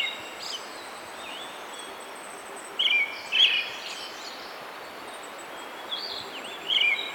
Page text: Desmond Allen - Золотистый дрозд (Turdus chrysolaus)